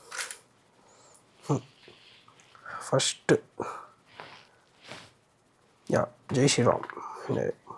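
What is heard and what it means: A DJI RS4 Pro camera gimbal is handled while being attached to its handle or base mount, with someone talking and a few short knocks and rustles of handling. Nothing has seated or clicked yet; the gimbal has not locked onto its mount by the end.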